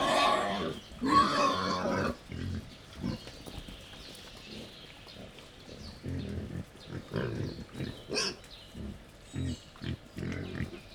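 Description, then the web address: Wild boar grunting and squealing, a loud burst of squeals in the first two seconds, then short low grunts repeated irregularly about once a second. Wild boar, captive at a zoo in Jászberény, feeding at a laid-out feeding table on 1 May 2015. "jaszberenyizoo 2015 professzionalis vaddiszno"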